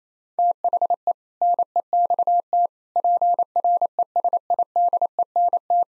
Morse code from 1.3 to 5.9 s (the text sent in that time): NEXT PRESIDENT